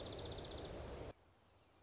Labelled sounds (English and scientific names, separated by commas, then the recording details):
Dark-eyed Junco (Junco hyemalis)
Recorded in Sonoma County, California